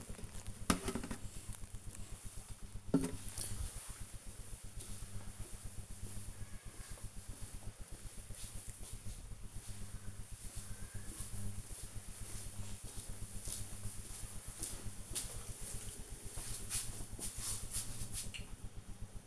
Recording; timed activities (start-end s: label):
household activities, microphone on the right wrist
none